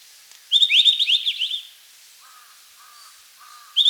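White-browed bush robin song: a bright, scratchy warbled phrase of quick rising and falling notes, followed by three short lower notes, then another phrase beginning.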